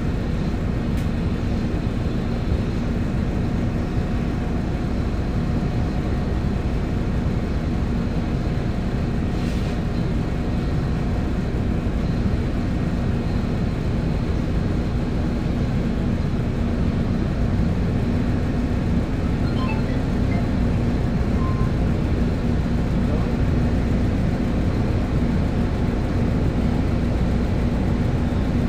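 Riding on the 22 bus, a steady low engine rumble and road roar fill the whole 29 seconds without letup. A faint hum holds underneath, with a few brief higher clicks or squeaks around the middle and near twenty seconds.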